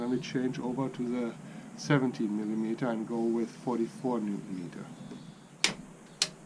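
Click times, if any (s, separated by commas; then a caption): 5.6 s, 6.2 s. Someone talks while switching to a 17 mm socket and setting a torque wrench to 44 Nm to tighten a bolt on an old, seized-up Volvo Penta MD1B marine diesel engine. The wrench gives sharp clicks at 5.6 s and 6.2 s as it reaches the set torque, and the tightening is judged good.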